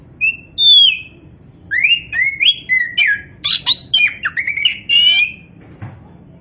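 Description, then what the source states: Oriental magpie-robin song: clear slurred whistles rising and falling, then a quick run of varied sweet notes and short chirps, with a faint low hum behind. Kacer poci (Indonesian name), described as gacor, singing actively and continuously.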